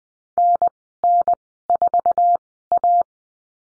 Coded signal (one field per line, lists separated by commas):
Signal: Morse code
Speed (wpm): 20 wpm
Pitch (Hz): 700 Hz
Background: none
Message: NN4A